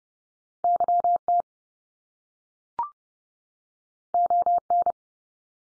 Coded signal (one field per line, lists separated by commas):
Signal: Morse code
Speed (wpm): 30 wpm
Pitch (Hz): 700 Hz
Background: none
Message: YT ON